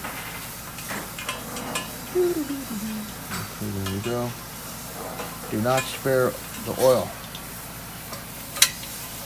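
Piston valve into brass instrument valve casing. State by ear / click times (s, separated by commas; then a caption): seated / 8.6 s. An oiled brass instrument piston valve is lowered into its metal valve casing and turned until its guide catches, while someone talks over a steady low hiss. A sharp, short click at 8.6 s marks the valve seating in place.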